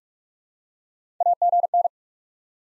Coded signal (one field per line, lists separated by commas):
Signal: Morse code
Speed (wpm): 47 wpm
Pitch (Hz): 700 Hz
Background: none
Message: AGN